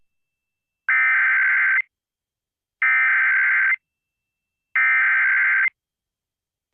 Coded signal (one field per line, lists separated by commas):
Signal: Emergency Alert System (SAME) tones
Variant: header bursts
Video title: EAS - Tsunami Warning during Johnny Test (July 16th, 2025, Toon Jones Alaska (SAND POINT AREA))